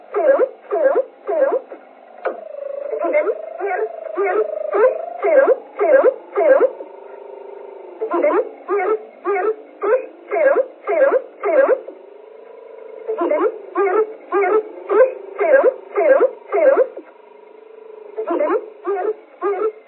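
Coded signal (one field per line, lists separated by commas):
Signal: numbers station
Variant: G11, German voice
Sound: about 30 evenly spaced short spoken words in groups, over a faint steady hum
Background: radio hum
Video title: Zahlensender / Number Station G11 - Strich - 23.05.1980 - 744 / 000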